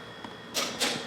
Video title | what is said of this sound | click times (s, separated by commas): COOL TECH TUESDAY - iPhone 13 MagSafe Charger but BETTER - ESR HaloLock | you hear that snapping snap | 0.2 s